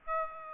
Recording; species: mosquito wingbeat signal from an infrared sensor; Aedes aegypti